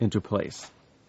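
Someone talks briefly while a plastic rear I/O cover is being fitted onto the rear cover of an HP Pavilion Omni 200-5000 PC, its tabs slid under a lip before the cover is pressed until it snaps into place. Nothing has seated or clicked yet; the clip ends just before the cover goes home.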